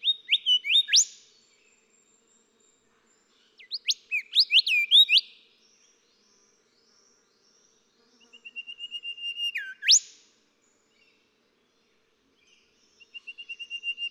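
Golden whistler song phrases repeated: ringing whipcrack endings, a crescendo of even whistled notes rising to a sharp upslur, and another series starting at the close.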